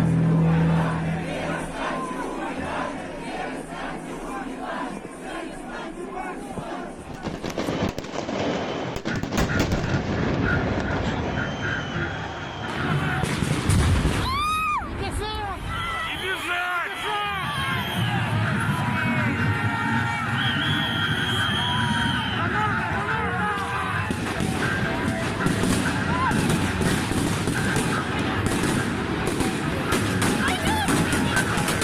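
Protest crowd noise recorded at demonstrations in Belarus: dense overlapping voices and shouts, rising chanting cries midway, with a steady low rumble throughout.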